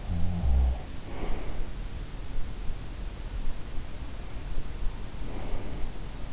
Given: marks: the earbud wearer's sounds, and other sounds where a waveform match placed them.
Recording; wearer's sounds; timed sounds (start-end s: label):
sounds in sleep by an in-ear microphone; snoring breath, breath
0.00-0.91 s: snoring breath
0.00-1.82 s: breath
5.25-5.90 s: breath